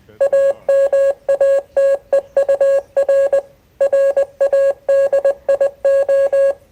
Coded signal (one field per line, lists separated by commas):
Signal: Morse code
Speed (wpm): 20 wpm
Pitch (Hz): 550 Hz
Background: none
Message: AMATEUR RADIO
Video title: 2023 July RCARCS Meeting - Field Day Report & Visit to Arecibo Observatory